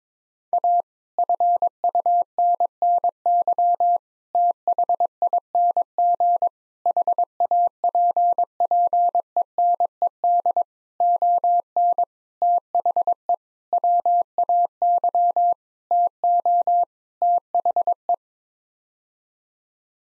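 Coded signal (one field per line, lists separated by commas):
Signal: Morse code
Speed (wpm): 22 wpm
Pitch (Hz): 700 Hz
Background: none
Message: A FUNNY THING HAPPENED ON THE WAY TO THE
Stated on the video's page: Morse code practice at 22 wpm: sets of nine-word groups for head-copy, each sent in Morse, spoken, then sent again.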